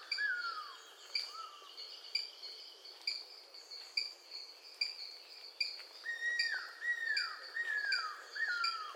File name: cuckoo roller